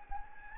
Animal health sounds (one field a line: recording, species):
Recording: mosquito wingbeat signal from an infrared sensor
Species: Anopheles gambiae